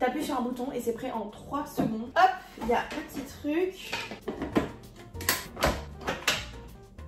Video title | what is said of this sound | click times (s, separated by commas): QUE SE PASSE-T-IL DANS MA VIE ? | ça se clipse. | 5.3 s